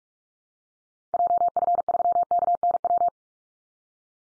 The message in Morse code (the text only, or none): JF3KNW